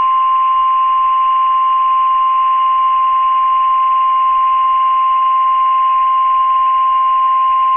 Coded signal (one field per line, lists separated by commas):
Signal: Emergency Alert System (SAME) tones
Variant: 1050 Hz attention tone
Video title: Severe Thunderstorm Warning for Boulder Creek CA on Mar 12th 2025 with EAS